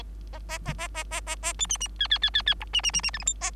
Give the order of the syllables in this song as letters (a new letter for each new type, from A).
A A A A A A A A B C C D D D D D E C C C C F G H A